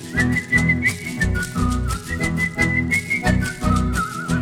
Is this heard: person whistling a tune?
yes